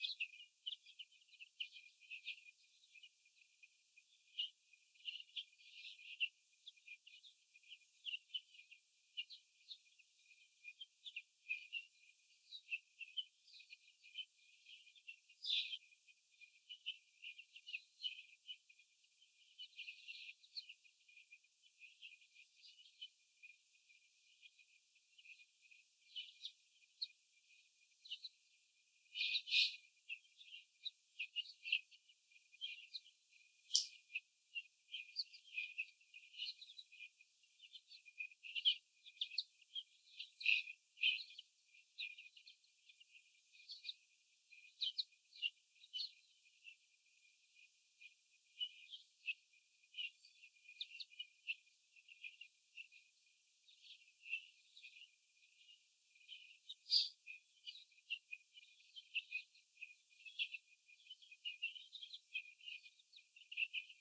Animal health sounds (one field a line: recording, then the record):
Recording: young laying hens in a cage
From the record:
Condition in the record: after the stressor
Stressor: sudden umbrella opening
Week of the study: 3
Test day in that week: 2